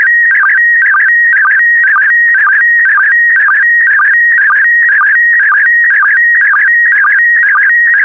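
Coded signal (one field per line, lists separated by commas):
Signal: SSTV (slow-scan television)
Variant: PD120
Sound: warbling, chirping tone shifting in pitch, with a short low blip about twice a second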